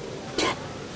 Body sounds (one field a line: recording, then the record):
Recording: coughing mixed with background sound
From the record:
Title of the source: 61 morning phlegmy cough...again